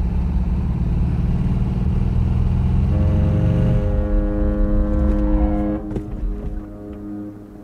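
A car engine runs with a loud, steady low rumble as the car drives toward the harbor at Helsingborg, its droning tone shifting to a different pitch midway before the sound eases and grows quieter toward the end. No one speaks.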